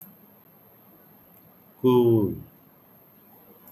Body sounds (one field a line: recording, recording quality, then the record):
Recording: sustained vowel as in boot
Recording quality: excellent, no background noise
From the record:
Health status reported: healthy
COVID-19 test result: not tested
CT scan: not taken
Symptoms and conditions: cough, fatigue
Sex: male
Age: 38 years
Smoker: yes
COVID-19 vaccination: both doses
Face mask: not worn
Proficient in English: yes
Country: India